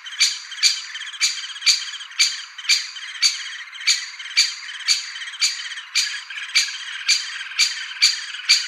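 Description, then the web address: Great spotted woodpecker calls: harsh, sharp kik notes repeated about twice a second, steady and insistent throughout. "Schulze Peter Great Spotted Woodpecker calls"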